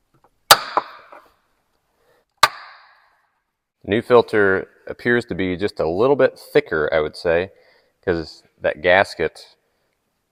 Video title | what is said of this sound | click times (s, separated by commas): Ford Explorer (FPIU) Engine & Cabin Air Filters - 2011-2019 | then just hold the housing down and push your snaps into place | 0.5 s, 2.4 s